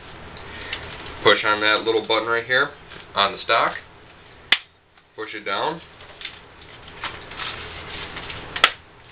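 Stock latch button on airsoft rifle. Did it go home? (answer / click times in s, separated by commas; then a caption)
yes / 8.6 s. Someone talks while pressing the stock latch button on a Double Eagle M82/SG552 airsoft AEG rifle and pushing the stock part down. It locks into place with a sharp snap at 8.6 s, and the stock is seated.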